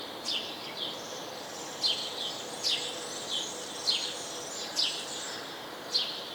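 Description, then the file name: House sparrow uttering a run of several sharp, downward-slurred chirps at irregular spacing, mixed with quieter twittering over a hissing background. "Passer domesticus"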